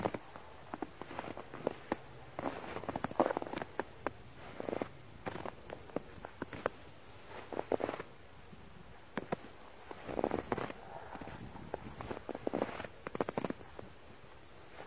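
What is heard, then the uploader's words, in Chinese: Snow crunches in short bursts, like boots pressing into a packed layer, roughly every one to three seconds, with the thickest crunches around three, eight and ten seconds. Between steps there is a faint, steady hiss and occasional small crackles. 还记得雪的声音吗？｜白噪音。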